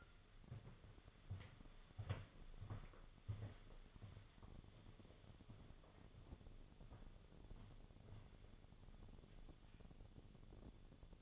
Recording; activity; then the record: daily activity, microphone in the room; walk to room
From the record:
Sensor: 4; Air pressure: 1000.8 hPa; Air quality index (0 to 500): 119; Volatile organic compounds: 1 ppm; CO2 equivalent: 902 ppm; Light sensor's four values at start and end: 60/147/63/67 and 61/152/64/69